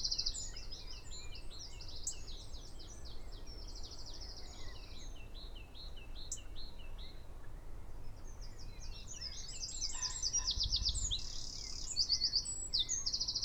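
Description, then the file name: Eurasian wren song: two long, high-pitched bursts of rapid notes and fast rattling trills separated by a pause, over steady low rumbling background noise. "Troglodytes troglodytes"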